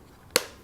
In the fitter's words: so just push it on nice and firmly until it clicks in place just like